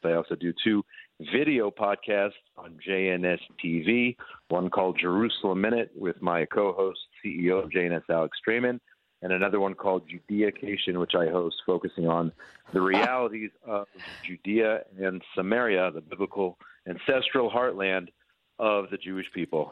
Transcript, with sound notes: I also do two video podcasts on JNS TV, one called Jerusalem Minute with my co-host, CEO of JNS, Alex Streimand, and another one called Judaication, which I host, focusing on the realities of-
(laughs) .
... Judea and Samaria, the biblical ancestral heartland of the Jewish people.